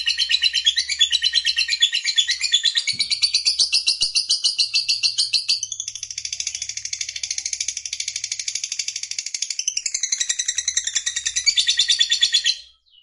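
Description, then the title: Lovebird song, a long, continuous, high chattering trill of rapid pulses, shifting in pitch and texture throughout and ending abruptly. Fighter lovebird, described as gacor, singing energetically. "Berkat SUARA Lovebird FIGHTER GACOR Ini"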